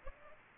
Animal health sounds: mosquito wingbeat signal from an infrared sensor; Aedes aegypti

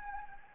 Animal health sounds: mosquito wingbeat signal from an infrared sensor; Anopheles gambiae

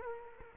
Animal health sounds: mosquito wingbeat signal from an infrared sensor; Culex quinquefasciatus

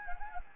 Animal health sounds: mosquito wingbeat signal from an infrared sensor; Anopheles gambiae

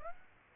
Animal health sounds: mosquito wingbeat signal from an infrared sensor; Aedes aegypti

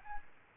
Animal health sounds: mosquito wingbeat signal from an infrared sensor; Aedes albopictus

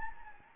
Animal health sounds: mosquito wingbeat signal from an infrared sensor; Anopheles gambiae

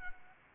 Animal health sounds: mosquito wingbeat signal from an infrared sensor; Anopheles gambiae

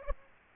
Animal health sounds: mosquito wingbeat signal from an infrared sensor; Aedes aegypti

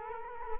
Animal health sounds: mosquito wingbeat signal from an infrared sensor; Culex quinquefasciatus

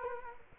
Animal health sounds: mosquito wingbeat signal from an infrared sensor; Culex quinquefasciatus

